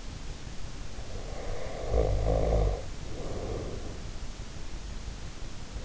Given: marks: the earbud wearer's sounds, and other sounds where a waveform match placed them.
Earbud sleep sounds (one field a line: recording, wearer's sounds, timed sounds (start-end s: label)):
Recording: sounds in sleep by an in-ear microphone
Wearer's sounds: snoring breath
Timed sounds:
1.19-4.11 s: snoring breath